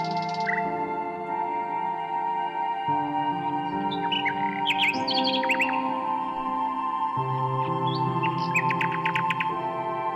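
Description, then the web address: Common nightingale song of varied whistles and chirps, ending in a quick series of repeated notes, with sustained low droning tones throughout. "Circlesandlines recordings. h wialenove - nightingale song"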